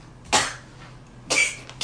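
Two short, sharp coughs from an adult man with broken ribs, about a second apart, each a brief hissing burst that fades quickly, with quiet room noise between them. They come in repeated coughing fits, with no wheeze or whoop audible.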